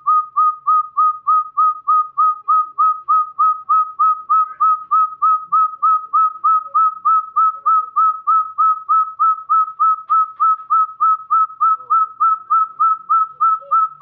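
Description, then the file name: Javan hill partridge delivering a long, even run of quick whistled notes, about three per second, holding a constant pitch throughout. "suara puyuh gonggong jawa"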